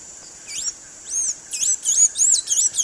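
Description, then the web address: Blue-gray tanager song: a series of high, squeaky, slurred notes rising and falling, coming faster and louder toward the end, with a steady faint high hiss behind. Eastern lowlands of South America; part of a nature sounds collection. "Natures Songs S America Eastern Lowlands Blue-gray Tanager"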